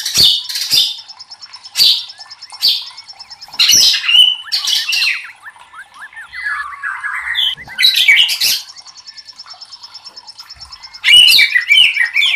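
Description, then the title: White-rumped shama song of loud harsh bursts alternating with thin buzzy high trills and soft warbled notes, uneven in rhythm. Used to train cage birds (masteran). "MURAI BATU LABAIK"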